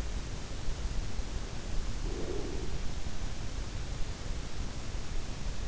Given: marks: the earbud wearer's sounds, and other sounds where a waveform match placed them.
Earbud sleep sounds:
sounds in sleep by an in-ear microphone; breath
1.99-3.19 s: breath

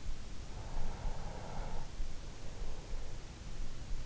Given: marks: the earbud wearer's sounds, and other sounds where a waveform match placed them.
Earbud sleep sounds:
sounds in sleep by an in-ear microphone; breath
0.44-3.16 s: breath

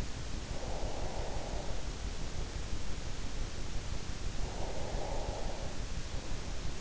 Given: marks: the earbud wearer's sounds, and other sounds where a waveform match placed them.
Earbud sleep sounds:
sounds in sleep by an in-ear microphone; breath
0.34-2.75 s: breath
4.19-6.81 s: breath

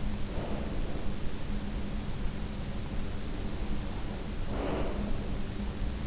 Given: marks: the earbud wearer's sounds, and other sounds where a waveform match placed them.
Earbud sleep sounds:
sounds in sleep by an in-ear microphone; breath
0.35-1.17 s: breath
4.44-5.28 s: breath

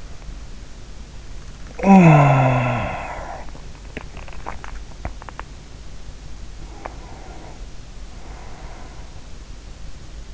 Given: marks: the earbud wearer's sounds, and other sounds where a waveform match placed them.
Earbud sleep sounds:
sounds in sleep by an in-ear microphone; talking in sleep, teeth grinding, breath
1.57-3.75 s: talking in sleep
3.75-5.79 s: teeth grinding
6.42-9.65 s: breath

